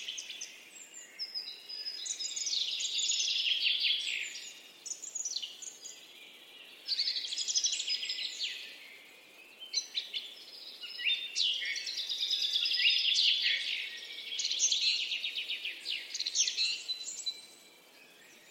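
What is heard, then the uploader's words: Birds sing in a busy, overlapping chorus of bright chirps and quick trills, high in pitch. The singing comes in bursts of a few seconds with short lulls around 6, 10 and 17 seconds, over a faint steady hiss. Birds Singing. Soothing Nature Sounds, Birds Chirping.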